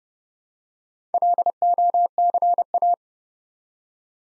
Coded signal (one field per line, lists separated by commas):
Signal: Morse code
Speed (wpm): 30 wpm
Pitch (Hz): 700 Hz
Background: none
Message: LOCA